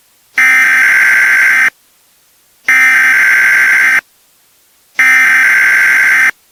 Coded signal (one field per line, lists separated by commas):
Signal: Emergency Alert System (SAME) tones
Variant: header bursts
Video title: EAS Scenario - The Wii Incident